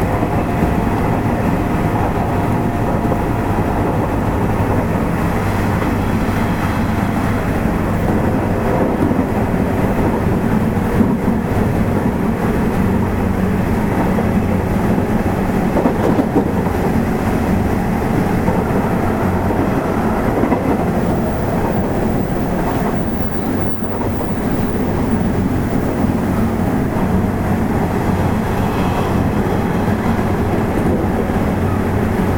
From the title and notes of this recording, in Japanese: 西日本鉄道 8000系の走行音です。特急大牟田行きにて録音。区間は二日市から久留米までです。